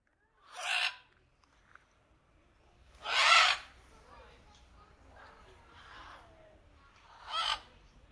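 Macaw squawks: three harsh, rasping screeches, one near the start, one louder in the middle and one near the end, with quiet gaps between.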